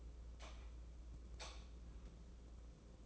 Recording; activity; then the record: daily activity, microphone in the room; light on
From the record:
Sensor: 1